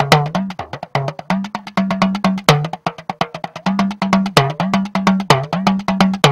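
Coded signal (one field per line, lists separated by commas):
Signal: talking drum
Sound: fast drum strokes with a low, ringing pitch that bends up and down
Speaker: we're going to listen to the talking drum and the language of the drum so that you can hear in this first clip the tap dancing that comes from the drum so this is the first clip number one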